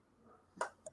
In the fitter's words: I don't know if you heard that click but I learned that the other day